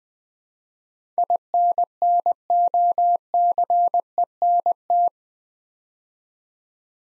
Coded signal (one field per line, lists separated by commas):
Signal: Morse code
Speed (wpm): 20 wpm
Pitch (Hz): 700 Hz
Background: none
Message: INNOCENT